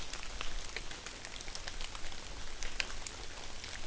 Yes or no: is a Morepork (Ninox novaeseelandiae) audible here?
no